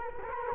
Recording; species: mosquito wingbeat signal from an infrared sensor; Culex quinquefasciatus